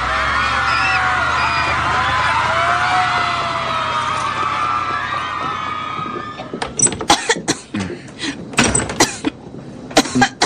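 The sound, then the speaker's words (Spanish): A bad, harsh cough from a feverish person breaks out in a rapid series of loud, raspy bursts, following several seconds of dense, droning background noise that fills the opening. “Esa tos se escucha muy mal.”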